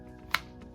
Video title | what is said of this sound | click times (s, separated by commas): The Incredible Benchmade Adamas, Fixed Blade Knife Review - What a Beast! | So, that's also another feature, that click and that lock in place. | 0.4 s